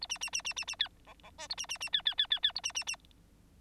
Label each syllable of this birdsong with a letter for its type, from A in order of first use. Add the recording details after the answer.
A B B B B B B C D D E A B B B C C C C C A B B B. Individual Bird9